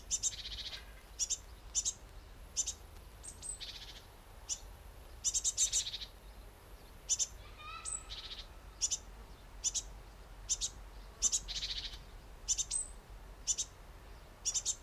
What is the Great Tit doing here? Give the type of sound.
call